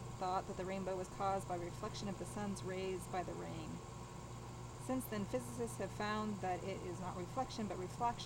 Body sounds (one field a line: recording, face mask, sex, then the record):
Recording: reading aloud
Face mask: surgical mask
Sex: female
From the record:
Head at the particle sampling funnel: tilted down, bridge of the nose in front of it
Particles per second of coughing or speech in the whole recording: 0.813